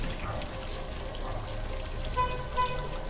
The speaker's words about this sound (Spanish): Un claxon.